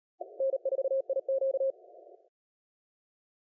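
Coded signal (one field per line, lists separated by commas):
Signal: Morse code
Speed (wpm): 38 wpm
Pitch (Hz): 540 Hz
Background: none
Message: N4IQ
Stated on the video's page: CWT contest operation.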